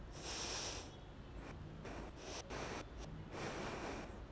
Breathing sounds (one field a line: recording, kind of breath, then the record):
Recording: one breath in and out by a microphone near the nose and mouth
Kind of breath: deep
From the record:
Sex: female